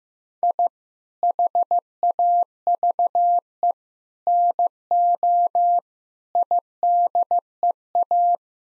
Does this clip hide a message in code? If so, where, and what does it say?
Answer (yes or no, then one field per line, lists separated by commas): yes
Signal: Morse code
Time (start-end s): 0.4-8.4 s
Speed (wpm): 15 wpm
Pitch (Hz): 700 Hz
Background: none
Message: I HAVE NO IDEA